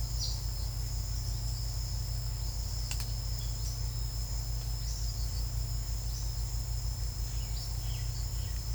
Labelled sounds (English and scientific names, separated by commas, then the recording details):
Great Kiskadee (Pitangus sulphuratus), unidentified bird
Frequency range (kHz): Great Kiskadee (Pitangus sulphuratus) 3.6-6.3 kHz; unidentified bird 1.3-5.8 kHz
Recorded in secondary vegetation near Puerto Asís, Putumayo, Colombia, on 18 December 2024 at 09:00
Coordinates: 0.499, -76.323
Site G010